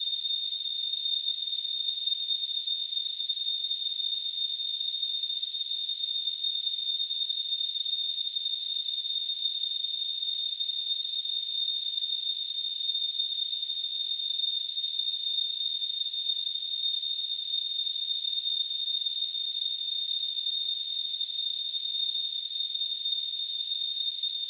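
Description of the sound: Simulated tinnitus: a steady, high-pitched ringing tone near 3.5 kHz with a faint surrounding hiss, unchanging throughout.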